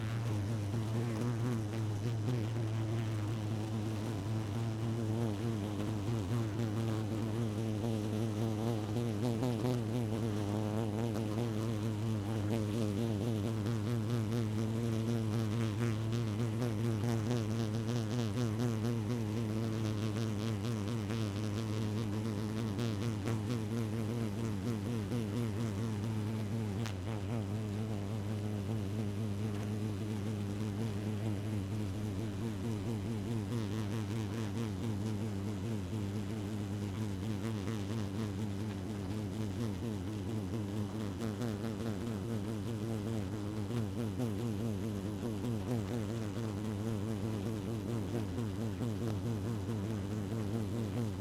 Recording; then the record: honeybee colony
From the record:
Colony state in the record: active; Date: 12 June 2018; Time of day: 1:20